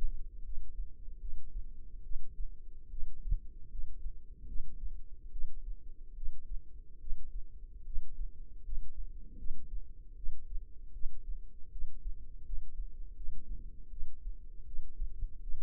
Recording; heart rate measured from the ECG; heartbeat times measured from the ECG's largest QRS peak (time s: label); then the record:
heart sounds by microphone in the left ear; 76 bpm
0.44 s: heartbeat
1.20 s: heartbeat
2.04 s: heartbeat
2.91 s: heartbeat
3.71 s: heartbeat
4.47 s: heartbeat
5.32 s: heartbeat
6.16 s: heartbeat
7.00 s: heartbeat
7.85 s: heartbeat
8.64 s: heartbeat
9.38 s: heartbeat
10.16 s: heartbeat
10.93 s: heartbeat
11.71 s: heartbeat
12.45 s: heartbeat
13.16 s: heartbeat
13.90 s: heartbeat
14.66 s: heartbeat
15.41 s: heartbeat
From the record:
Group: healthy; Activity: rest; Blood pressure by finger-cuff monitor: 83/50 mmHg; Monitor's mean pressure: 63 mmHg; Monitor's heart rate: 77 bpm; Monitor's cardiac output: 7.5 L/min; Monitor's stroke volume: 101 mL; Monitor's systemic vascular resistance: 590 dyn s/cm5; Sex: female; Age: 22 years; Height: 161 cm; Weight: 65.5 kg